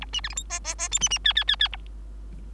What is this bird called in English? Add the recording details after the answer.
Bengalese Finch. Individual Bird3